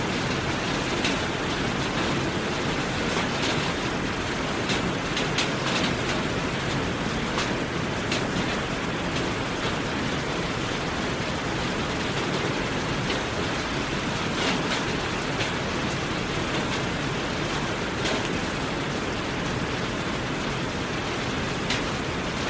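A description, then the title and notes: Steady, dense rain hisses evenly across the whole clip, with faint brighter droplet ticks scattered throughout and a low, constant rumble underneath. Rain Sounds.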